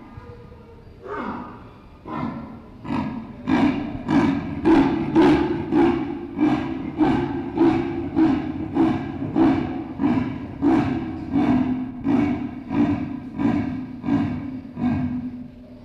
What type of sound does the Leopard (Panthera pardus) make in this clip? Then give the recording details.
call. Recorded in captivity. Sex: female. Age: adult. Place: Tierpark Berlin, Berlin, DE. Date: 1965-01-31 13:00. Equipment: Telefunken Magnetophon 300, Sennheiser MD 421, Transistorverstärker 2. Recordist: Tembrock, Günter